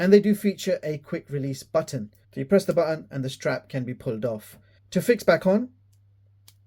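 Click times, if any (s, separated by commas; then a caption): 6.5 s. Someone talks as a silicone strap with a metal buckle and quick-release button is refitted to a Samsung Galaxy Fit 3 fitness tracker, its quick-release pin clip pushed back into the tracker body. After the talking stops, a faint tick comes at 5.9 s and a sharper click at 6.5 s as the strap snaps into place, seated.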